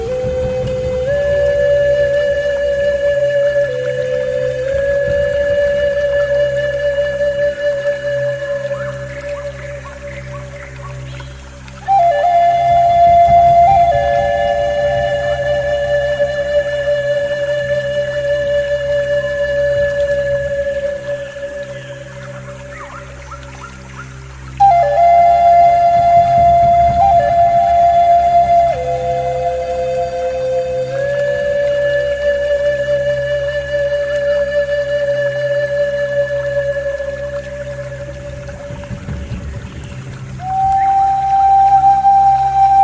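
A pan flute plays a slow melody of long, held notes that glide gently between pitches. New phrases begin with louder entries at about 12, 25 and 41 seconds. A steady, low wash of water-like sound runs underneath throughout.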